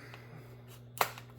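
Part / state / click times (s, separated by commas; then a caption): polymer rifle magazine into rifle magazine well / not seated / none. With the bolt locked open, a polymer rifle magazine is pushed up into a rifle magazine well, making a sharp knock at 1.0 s and a fainter tap at 1.2 s over a steady low hum. The magazine has not locked in, because a lip on it is slightly different in dimensions.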